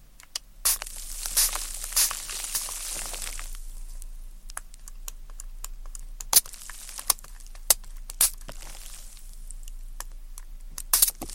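Ear cleaning with tweezers: sharp, bright clicks and sticky snaps scattered irregularly, with clusters near the start and around six, eight and eleven seconds. A hissing spray-like wash fills the first three seconds and returns faintly near ten, over a soft low hum.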